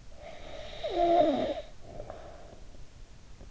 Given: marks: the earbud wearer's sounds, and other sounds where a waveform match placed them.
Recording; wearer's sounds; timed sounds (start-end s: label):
sounds in sleep by an in-ear microphone; breath
0.00-3.06 s: breath